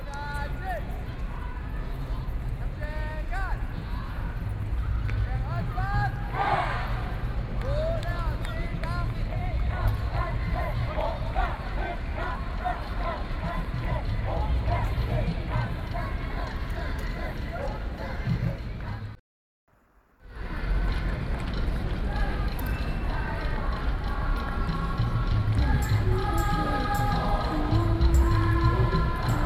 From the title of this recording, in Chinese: 自由廣場